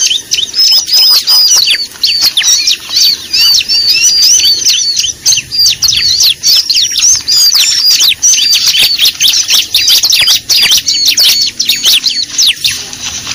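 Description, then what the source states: Bar-winged prinia calls, an almost continuous stream of high, thin chirps and twittering notes with very few pauses. Lure call used for trapping (pikat).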